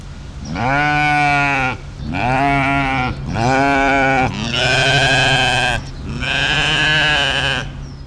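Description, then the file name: Mouflon bleating five times in close succession, each bleat drawn-out, with barely a pause between calls. "Mufflon"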